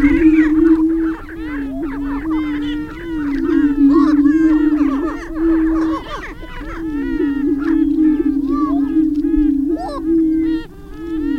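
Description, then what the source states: Greater prairie chickens booming, a steady low hooting drone from overlapping birds, with frequent rising and falling cackles and whoops layered above throughout. Booming display of greater prairie chickens, recorded on 6 May 2005.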